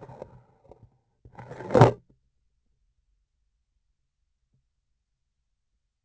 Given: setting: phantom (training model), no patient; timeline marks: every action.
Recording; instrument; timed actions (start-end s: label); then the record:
laparoscopic instrument, vibration sensor on the handle end; grasping forceps
0.00-0.87 s: insertion through the trocar
1.22-2.02 s: removal through the trocar
From the record:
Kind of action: spatial motion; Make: other than Olympus